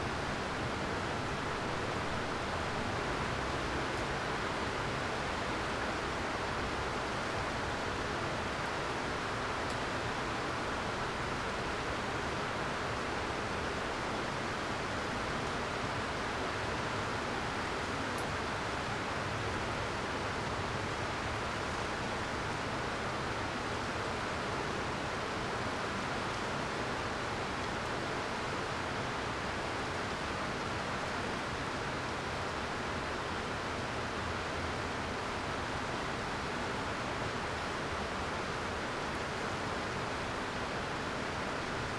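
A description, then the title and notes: Steady rain falls over a city at night, a dense, even hiss with no let-up across the whole recording. The sound is full from low rumble to bright spatter, with a faint low hum beneath and one brief tick near the middle. City Rain at Night. Rain sound from a city at night.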